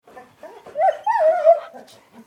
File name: dog whimpering